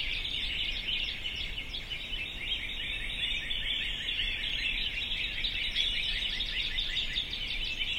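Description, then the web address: Birdsong chorus of rapid overlapping tweets, busy and continuous throughout, some faint thin whistles sliding above the mass of calls. "sounds djk sounds birds 0645 040905"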